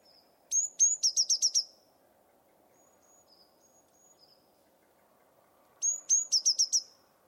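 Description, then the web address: Bird calls: high chirps in two rapid runs of several notes, with a few soft, thin notes between them and a quiet low hum underneath. "cianscape. Deverinetal 2025. Bird Only"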